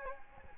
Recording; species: mosquito wingbeat signal from an infrared sensor; Aedes albopictus